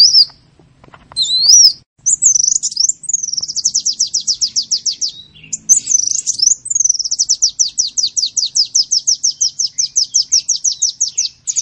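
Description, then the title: Sunbird song: a few looping high whistles, then long rapid series of repeated downslurred notes, several per second, briefly interrupted by a twisting phrase. Singing in full song (gacor), with phrases copied from the cililin and the canary. "Kolibri gacor isian cililin dan kenari"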